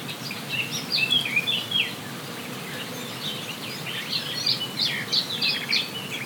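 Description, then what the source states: Birds singing, several high chirps and short twittering phrases overlapping in bursts, over a steady background hiss. Forest birds on La Palma, binaural 3D recording.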